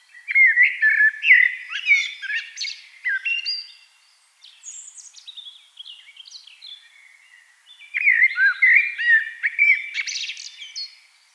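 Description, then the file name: Eurasian blackbird song: two loud mellow warbled phrases, each ending in thin squeaky twitter, with softer notes between. "Turdus merula"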